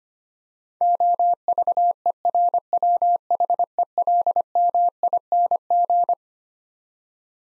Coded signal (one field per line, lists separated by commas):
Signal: Morse code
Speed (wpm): 25 wpm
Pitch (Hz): 700 Hz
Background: none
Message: OVERWHELMING